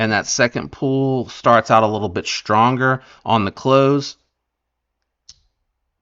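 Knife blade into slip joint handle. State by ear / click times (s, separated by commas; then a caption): seated / 5.3 s. Someone talks for about four seconds, then after a short silence the blade of a titanium-handled slip joint pocket knife is closed into its handle. The backspring snaps the blade shut with one sharp click at 5.3 s, and it seats firmly in place.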